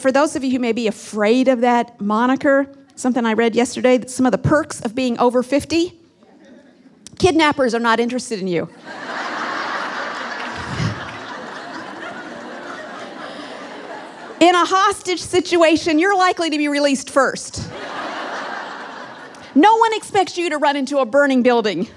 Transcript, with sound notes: For those of you who may be afraid of that moniker—here’s something for you, something I read yesterday... some of the perks of being over fifty: Kidnappers are not interested in you. (laughter) In a hostage situation, you’re likely to be released first. No one expects you to rush into a burning building.